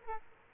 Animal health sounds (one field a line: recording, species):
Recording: mosquito wingbeat signal from an infrared sensor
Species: Aedes aegypti